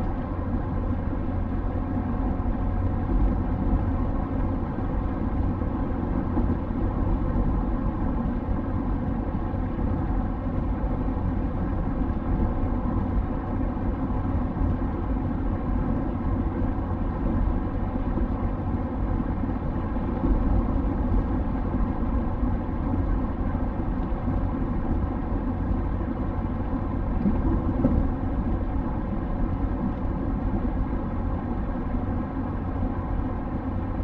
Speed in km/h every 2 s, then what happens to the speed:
94, 95, 95, 95, 94, 94, 95, 95, 95, 95, 95, 95, 95, 95, 95, 95, 95.
0-34 steady at about 95.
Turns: none.